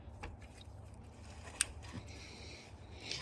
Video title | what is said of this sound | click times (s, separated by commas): Finally Getting My EK Hatch Running! | Clicks into place. | 1.6 s